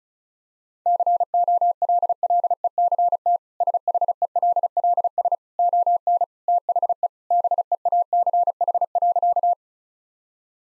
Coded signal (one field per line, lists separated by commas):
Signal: Morse code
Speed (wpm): 36 wpm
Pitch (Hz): 700 Hz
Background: none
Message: COLLECT SHELLS ON THE BEACH.